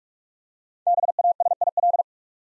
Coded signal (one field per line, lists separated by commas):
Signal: Morse code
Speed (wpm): 44 wpm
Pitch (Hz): 700 Hz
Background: none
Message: BASIL